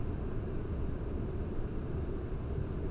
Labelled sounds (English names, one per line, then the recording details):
none
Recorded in Germany
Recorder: ecoPi